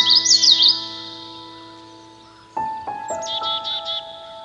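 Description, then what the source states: Common yellowthroat song, a quick burst of rolling high phrases at the start, then slow piano notes with a few more short bird notes. Song set to piano music.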